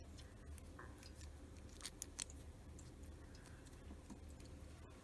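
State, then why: Seated. Plastic toy bricks are pressed together while building a set, giving small sharp clicks at 2.0 s and 2.2 s as one brick seats onto another. Quieter ticks and handling sounds come before and after against a low steady hum. No one talks.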